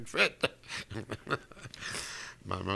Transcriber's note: he laughs